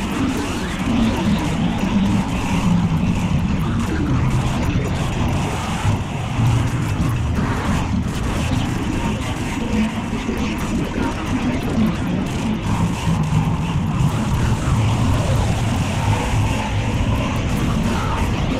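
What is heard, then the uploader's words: Sporadic percussive taps and clicks break through a dense, steady low rumble like passing traffic, with faint voices underneath throughout. Experimental Textures with Percussion Modules and Burst Generators. In this episode we trigger the Kraken and BIA with burst generators to create sporadic percussive textures which are then run through a plethora of FX modules!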